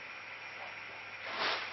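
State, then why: Not seated. A track-mount accessory base is handled at the gear track on a kayak, with a steady broadband hiss and a low hum throughout, swelling into a louder noisy rush around 1.3 to 1.6 seconds. Nothing has seated or clicked yet.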